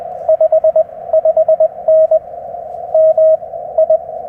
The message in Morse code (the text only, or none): 55N MI